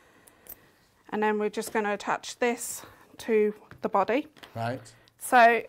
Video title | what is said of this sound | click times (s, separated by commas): Sewing Street –25/08/2021–GBSB contestant joins the Sewing Street family | and then basically that's into place and then just double check to make sure it clicks | 0.3 s, 0.5 s